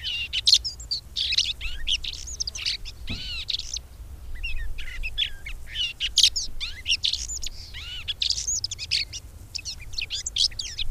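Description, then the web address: Red-backed shrike song: a busy, scratchy warble of twittering notes and quick rising and falling whistled slurs in dense bursts, with brief pauses between phrases. "agykontroll Madardalok Cd 2. Tövisszúró gébics"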